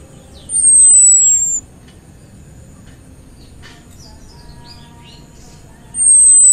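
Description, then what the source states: Orange-headed thrush calls: two long, thin, high-pitched whistles falling slightly in pitch, separated by a long pause, with soft chirps in between. Cip and brebetan call types.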